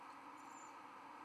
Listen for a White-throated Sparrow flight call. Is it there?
no